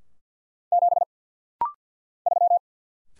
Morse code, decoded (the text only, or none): 7 3